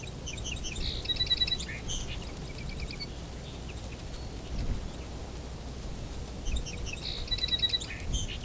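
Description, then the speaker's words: Song sparrow song heard twice, each phrase a burst of sharp, varied notes with a fast dry trill in the middle, about six seconds apart, with low steady background noise. Two birds counter-singing, answering each other back and forth. "Bit of back and forth between two song sparrows here."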